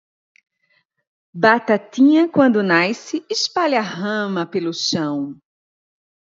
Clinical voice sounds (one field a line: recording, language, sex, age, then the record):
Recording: short text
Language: Brazilian Portuguese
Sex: female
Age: 40 to 49 years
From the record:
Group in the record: control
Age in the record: 45 years